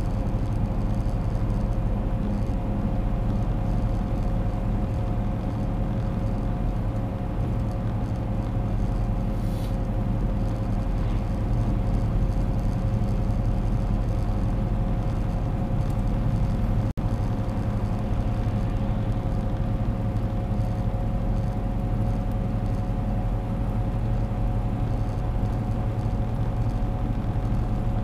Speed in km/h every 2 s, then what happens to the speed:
104, 104, 104, 104, 103, 103, 104, 104, 104, 105, 105, 105, 106, 105.
0-28 steady at about 104.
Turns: none.